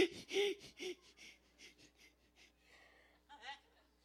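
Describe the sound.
A voice imitates the rapid, heavy panting of hyperventilation, as in a hysteria attack seen in a hospital emergency room: a quick series of loud breathy gasps that gradually weaken and turn raspy, ending in a few wheezy, strained breaths.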